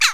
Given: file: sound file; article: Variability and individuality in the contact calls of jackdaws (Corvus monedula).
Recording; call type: jackdaw call; harmonic